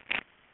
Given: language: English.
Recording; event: throat vibration sensor signal played as sound; swallow